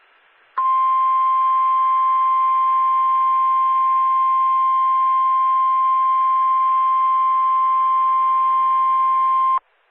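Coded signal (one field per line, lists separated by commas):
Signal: Emergency Alert System (SAME) tones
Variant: 1050 Hz attention tone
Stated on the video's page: Virtual (simulated) EAS partial doubleheader: Severe Thunderstorm Warning and Flash Flood Warning.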